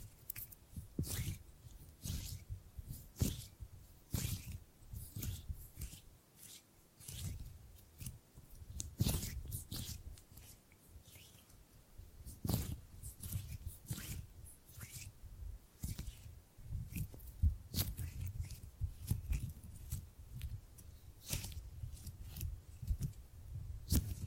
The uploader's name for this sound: Gripping and Grabbing Sounds